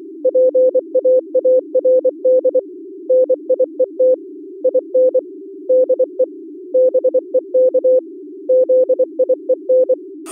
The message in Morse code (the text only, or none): PAARD NIET IN DE BEK ZIEN